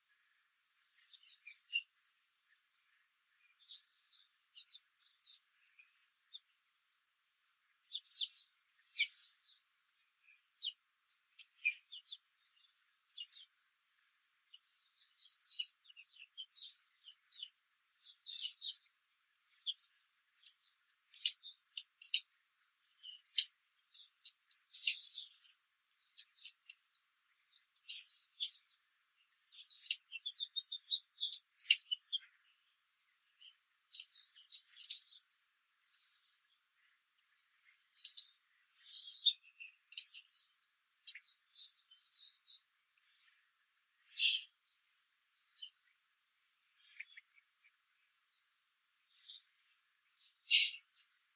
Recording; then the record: young laying hens in a cage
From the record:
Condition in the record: control cage, after the stress test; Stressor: none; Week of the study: 4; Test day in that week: 1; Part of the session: 2